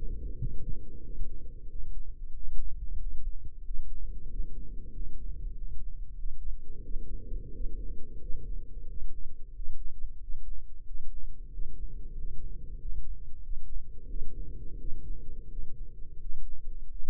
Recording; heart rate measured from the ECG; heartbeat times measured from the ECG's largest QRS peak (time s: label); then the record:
heart sounds by microphone in the left ear; 91 bpm
0.37 s: heartbeat
1.03 s: heartbeat
1.69 s: heartbeat
2.34 s: heartbeat
2.99 s: heartbeat
3.64 s: heartbeat
4.29 s: heartbeat
4.92 s: heartbeat
5.54 s: heartbeat
6.17 s: heartbeat
6.81 s: heartbeat
7.51 s: heartbeat
8.19 s: heartbeat
8.87 s: heartbeat
9.52 s: heartbeat
10.19 s: heartbeat
10.84 s: heartbeat
11.50 s: heartbeat
12.14 s: heartbeat
12.78 s: heartbeat
13.42 s: heartbeat
14.07 s: heartbeat
14.77 s: heartbeat
15.48 s: heartbeat
16.19 s: heartbeat
16.88 s: heartbeat
From the record:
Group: healthy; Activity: rest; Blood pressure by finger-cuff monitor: 116/74 mmHg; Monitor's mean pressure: 85 mmHg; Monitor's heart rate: 91 bpm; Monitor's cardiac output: 7.8 L/min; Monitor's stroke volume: 85 mL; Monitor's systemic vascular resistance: 800 dyn s/cm5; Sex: male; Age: 33 years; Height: 179 cm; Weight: 80.4 kg